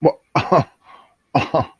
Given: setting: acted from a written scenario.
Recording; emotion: vocal sound without words; embarrassment